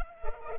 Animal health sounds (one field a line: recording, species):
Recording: mosquito wingbeat signal from an infrared sensor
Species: Culex pipiens